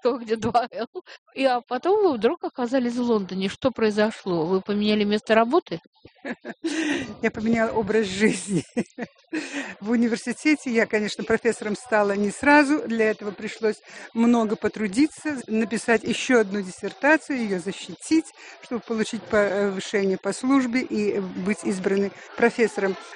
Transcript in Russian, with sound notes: а потом Вы вдруг оказались в Лондоне. Что произошло? Вы поменяли место работы? (Смеётся)
Я поменяла образ жизни. В Университете я, конечно, профессором стала не сразу, для этого пришлось много потрудиться, написать ещё одну диссертацию, её защитить, чтобы получить повышение по службе и быть избранной профессором.